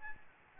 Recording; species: mosquito wingbeat signal from an infrared sensor; Aedes albopictus